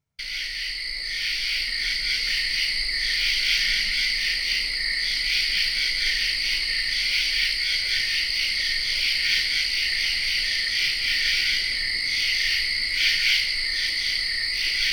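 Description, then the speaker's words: True katydid song: a dense, percussive, rasping ch-ch-ch, pulsing continuously without pause. True katydids giving a percussive rasping ch-ch-ch sound, likened to a quack; played as a recording on air. "They're the ones that are going ch-ch-ch-ch-ch-ch."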